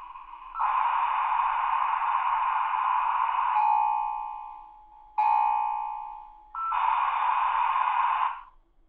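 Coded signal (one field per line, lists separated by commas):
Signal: dial-up modem handshake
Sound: harsh wideband modem hiss, a fading steady two-tone carrier, a short burst, then hiss again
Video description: The sound of dial-up at some of the most common speeds, including 300, 1200, 2400, 9600, 14,400, 33,600, and 56K.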